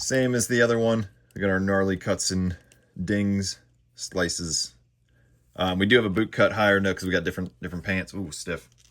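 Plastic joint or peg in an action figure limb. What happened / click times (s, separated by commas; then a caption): Handled, not yet home: a stiff plastic joint is worked but no pop is heard / none. Someone talks while handling a plastic 1:18-scale action figure, working a stiff joint or peg in one of its limbs. Nothing has seated or clicked yet by the end of the clip.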